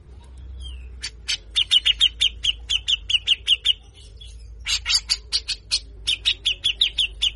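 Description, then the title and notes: Grey-cheeked bulbul delivering two long runs of coarse, rasping notes in quick, steady succession with a short gap between them. Long-duration training recording for songbird keepers, featuring a lively bird giving full, harsh 'besetan' chatter, locally called 'besetan kasar'. "MASTERAN CUCAK JENGGOT GACOR FULL BESETAN KASAR DURASI PANJANG !!!. Jenggot Bahan Cepat Gacor hanya Dengar Besetanya. Burung cucak jenggot"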